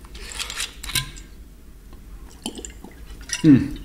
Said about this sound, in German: Boah, jetzt muss ich mal einen Schluck Wasser trinken, ist schon wieder heiß.